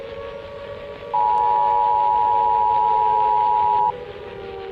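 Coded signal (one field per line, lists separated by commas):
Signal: Emergency Alert System (SAME) tones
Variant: 853 and 960 Hz attention tone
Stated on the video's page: Fictional EAS scenario, not a real alert.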